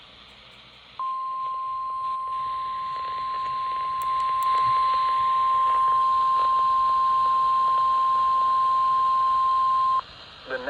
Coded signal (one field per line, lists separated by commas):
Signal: Emergency Alert System (SAME) tones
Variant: 1050 Hz attention tone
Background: speech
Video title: A Handful Of SVRs || EAS Alerts from 5-19-22 || EAS 164-168